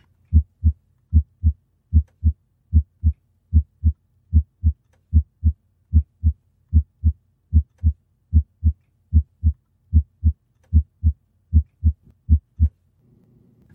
A normal S1, S2.